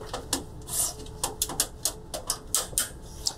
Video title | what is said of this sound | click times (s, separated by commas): HPE ProLiant DL360 Gen10 - How To Rack a Server - Server Racking - Sliding Rails - Rackmount Server | rivets but the two pins or two prongs that stick out so just click into place and they lock in | 2.5 s